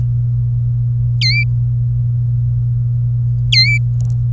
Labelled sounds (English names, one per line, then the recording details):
Domestic Canary song
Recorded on 24 April 2018 at 09:53
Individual llb3